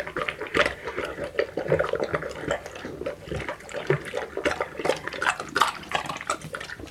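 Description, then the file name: Dog drinking, rapid wet lapping and slurping sounds in quick irregular succession. Dog eating, drinking and sniffing. "Digiffects Sound Effects Library - Dog Eating Drinking And Sniffing"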